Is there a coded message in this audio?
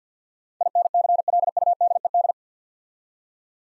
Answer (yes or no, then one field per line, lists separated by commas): yes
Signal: Morse code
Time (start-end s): 0.6-2.3 s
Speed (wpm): 53 wpm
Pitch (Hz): 700 Hz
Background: none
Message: INCLUDED